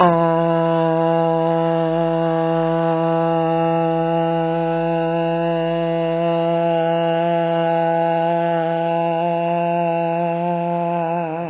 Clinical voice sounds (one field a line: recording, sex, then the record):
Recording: sustained vowel /a/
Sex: female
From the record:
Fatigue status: no fatigue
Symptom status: symptomatic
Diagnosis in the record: COVID-19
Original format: 3gp